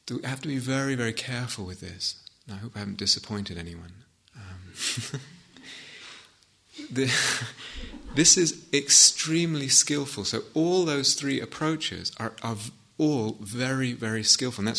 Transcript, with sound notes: I have to be very, very careful with this. And I hope I haven't disappointed anyone. [laughter] This is extremely skilful -- all those three approaches are all very, very skilful.